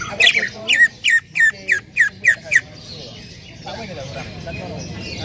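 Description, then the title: Bird song: a quick run of about eight sharp, slurred chirps, roughly three per second, then softer jumbled twittering over a low steady hum. "Kicau Burung"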